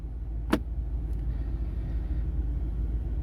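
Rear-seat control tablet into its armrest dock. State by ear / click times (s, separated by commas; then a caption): seated / 0.5 s. A BMW M760i's removable rear-seat control tablet is dropped into its dock in the center armrest and latches in place. A sharp click is heard at 0.5 s over a steady low rumble as the tablet locks in.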